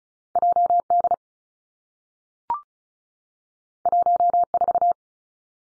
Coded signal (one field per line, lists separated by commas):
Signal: Morse code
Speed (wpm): 36 wpm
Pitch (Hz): 700 Hz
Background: none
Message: J D 1 4